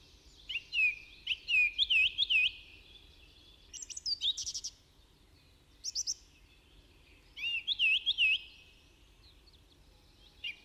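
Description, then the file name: Budgerigar chatter: warbling, twittering high notes in bursts with short pauses, several quick rising and falling whistles and harsh buzzy notes. "Budgie Sounds"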